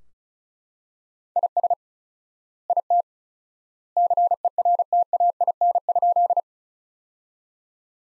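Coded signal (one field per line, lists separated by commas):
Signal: Morse code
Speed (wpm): 36 wpm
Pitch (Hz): 700 Hz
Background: none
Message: IS IT CERTAIN?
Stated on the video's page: Morse sentences built from the top 500 words, sent at 35 wpm with word spacing stretched to four times standard, a practice drill akin to Farnsworth.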